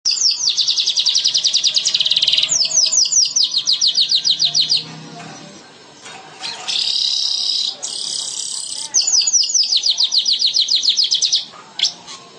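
Bird singing fast, high-pitched repeated chirps in long runs, broken midway by a sustained harsher buzzy phrase before the rapid chatter resumes.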